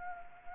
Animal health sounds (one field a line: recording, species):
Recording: mosquito wingbeat signal from an infrared sensor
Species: Anopheles arabiensis